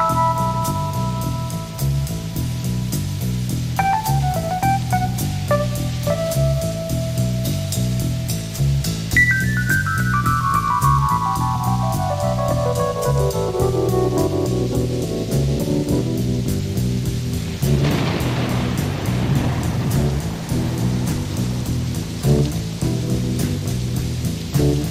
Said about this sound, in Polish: A ten deszcz już w tle słychać.